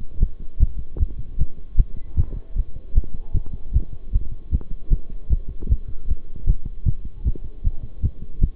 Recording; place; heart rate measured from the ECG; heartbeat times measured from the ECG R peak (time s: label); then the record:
heart sounds by stethoscope; between the tricuspid and mitral areas; 154 bpm
0.20 s: heartbeat
0.60 s: heartbeat
0.99 s: heartbeat
1.39 s: heartbeat
1.77 s: heartbeat
2.17 s: heartbeat
2.56 s: heartbeat
2.95 s: heartbeat
3.34 s: heartbeat
3.73 s: heartbeat
4.13 s: heartbeat
4.52 s: heartbeat
4.91 s: heartbeat
5.30 s: heartbeat
5.69 s: heartbeat
6.08 s: heartbeat
6.47 s: heartbeat
6.86 s: heartbeat
7.25 s: heartbeat
7.64 s: heartbeat
8.03 s: heartbeat
8.41 s: heartbeat
From the record:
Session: bicycle stress test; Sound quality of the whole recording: good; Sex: male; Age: 23 years